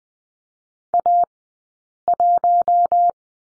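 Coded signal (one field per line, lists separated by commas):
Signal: Morse code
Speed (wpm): 20 wpm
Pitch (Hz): 700 Hz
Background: none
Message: A1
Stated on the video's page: Morse code course lesson at Farnsworth speed of 20/10 wpm, practicing the number 2.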